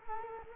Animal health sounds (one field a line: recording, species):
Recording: mosquito wingbeat signal from an infrared sensor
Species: Culex quinquefasciatus